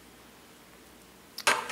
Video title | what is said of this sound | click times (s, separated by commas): Building My Own PC (Personal Computer) at Home | a little clip goes on the front there that's snapped | 1.5 s